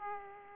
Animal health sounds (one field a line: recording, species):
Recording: mosquito wingbeat signal from an infrared sensor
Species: Aedes aegypti